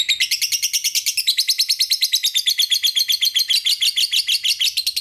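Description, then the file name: Lovebird chatter: a loud, rapid, continuous run of harsh high chirps throughout. Lure used to make lovebirds sing; ngetik and long ngekek chatter song styles. "pancingan lovebird ngetik ngekek panjang"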